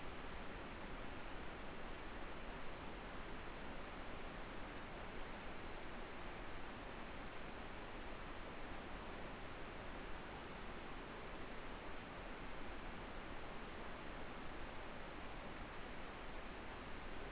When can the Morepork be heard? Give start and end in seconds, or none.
none